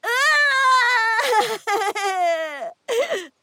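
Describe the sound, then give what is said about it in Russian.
A voice acts out the crying of a small creature, a Mamryonok, that has fallen onto the grass and kicks its paws: a long, high, wavering wail breaking into sobbing bursts, then a shorter final whimpering cry after a brief pause. “Мамрёнок упал на травку, задрыгал лопаточками и опять заплакал.”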